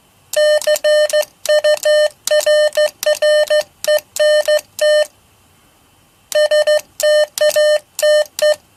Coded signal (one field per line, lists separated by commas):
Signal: Morse code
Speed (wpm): 14 wpm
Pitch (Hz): 600 Hz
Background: none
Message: CURRENT STATE